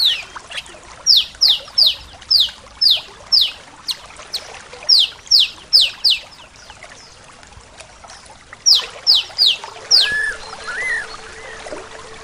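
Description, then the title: Bird song: rapid runs of sharp, high downslurred notes, two or three per second, a short pause, another run, then softer scattered notes over a faint steady hum. "SuaraBurung Kicau"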